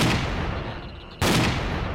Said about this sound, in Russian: Я выстрелил еще дважды, но не в мутанта, который уже сдох, а поверх него. Вот теперь они точно услышат и всполошатся.